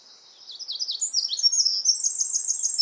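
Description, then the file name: Eurasian wren delivering a high, hurried song of looping warbles that builds into rapid, loud trills, rising in volume toward the end. "Troglodytes troglodytes"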